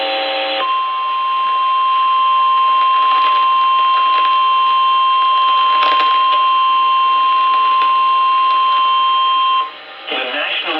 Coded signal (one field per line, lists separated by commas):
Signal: Emergency Alert System (SAME) tones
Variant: 1050 Hz attention tone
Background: speech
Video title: LCH SEVERE THUNDERSTORMS ALERTS OF TEXAS TSTM RISK... EAS Alerts from 9/13/23 (EAS#511 & #513)